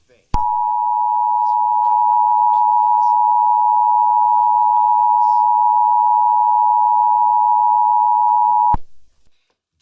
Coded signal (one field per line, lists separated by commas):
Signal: Emergency Alert System (SAME) tones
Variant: 853 and 960 Hz attention tone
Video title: EAS #5 Amber Alert During TBBT